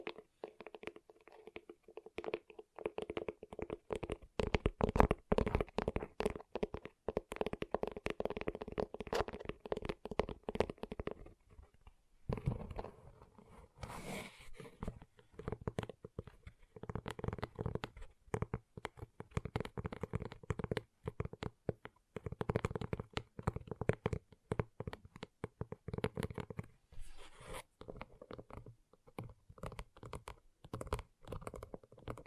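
Gentle tapping in quick, uneven bursts of soft clicks runs throughout, with a brief pause near twelve seconds before the tapping resumes.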